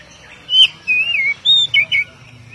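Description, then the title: Oriental magpie-robin song: five clear whistled phrases, wavering and slurred, in quick succession over a quiet low background hum. "Kacer"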